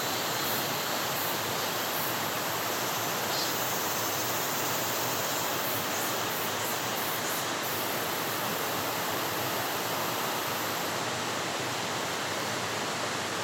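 A forest soundscape filled with a dense, steady rush like falling water, unchanging throughout, with faint high hissing flickers near the top.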